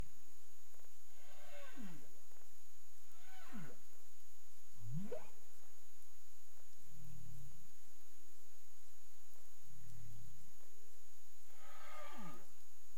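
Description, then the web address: Cetacean calls underwater, a series of steep sweeps with pulsed upper parts, interspersed with low grunts and faint rising whistles, over a steady high tone. Recorded off Bermuda on 30 April 2021 at 02:35 UTC, clicks. "CARIMAM SAMPLES BERMUDE 20213004 02 h 35 clic"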